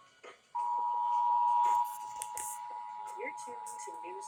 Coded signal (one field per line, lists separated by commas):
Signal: Emergency Alert System (SAME) tones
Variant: 853 and 960 Hz attention tone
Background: speech